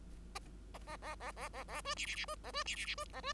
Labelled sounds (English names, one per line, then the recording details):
Bengalese Finch song
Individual Bird5